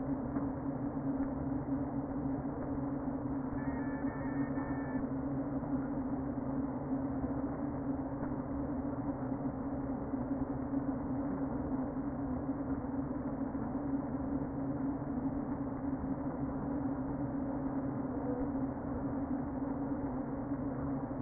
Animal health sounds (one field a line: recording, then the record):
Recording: honeybee colony, microphone inside the hive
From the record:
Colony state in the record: queen present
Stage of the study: before two queens were removed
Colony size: about 60,000 bees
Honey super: yes